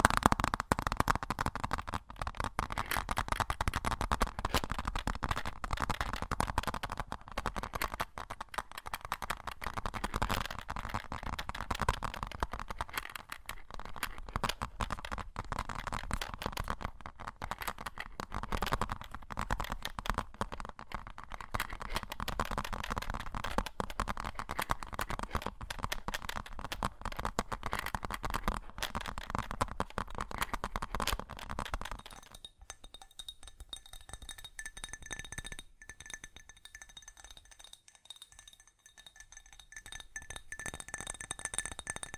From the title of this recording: ASMR Fast Tapping